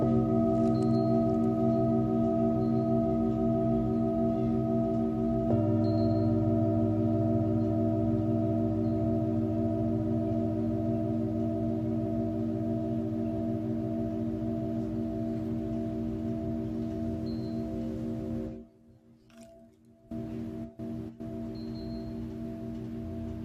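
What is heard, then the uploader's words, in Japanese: A singing bowl rings with a steady, layered hum of sustained low and middle tones, deepening slightly as a new tone joins around five seconds. Faint soft ticks sound now and then. Near nineteen seconds the sound briefly drops out twice before the hum returns. メキシコから シンギングボウルのサウンドヒーリング ライブ。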